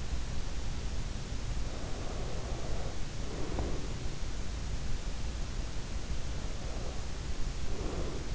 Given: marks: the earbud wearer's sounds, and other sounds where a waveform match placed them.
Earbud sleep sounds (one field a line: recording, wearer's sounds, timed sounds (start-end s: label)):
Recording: sounds in sleep by an in-ear microphone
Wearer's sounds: breath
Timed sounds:
1.63-4.15 s: breath
6.17-8.35 s: breath